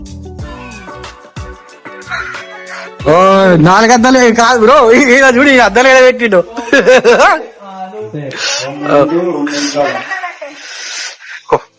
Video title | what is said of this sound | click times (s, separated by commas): Gozo explore trip With Friends - Gozo Island Fun Vlog | పెట్టుకో lock అయింది తలకాయ ఎవరు పెడతారు మరి | 11.5 s